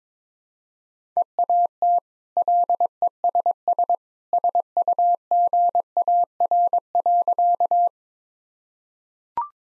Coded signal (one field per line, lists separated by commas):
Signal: Morse code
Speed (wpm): 22 wpm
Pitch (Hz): 700 Hz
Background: none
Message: EAT LESS SUGAR.